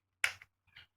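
After the spring-loaded button is lifted, the handlebar tube of an Exooter M2050 kick scooter is pushed into the scooter stem with a little jiggle and snaps home with a sharp click at 0.2 s. A fainter tick follows at 0.4 s, then a soft rattle around 0.7–0.9 s. The handlebar tube is seated in the stem.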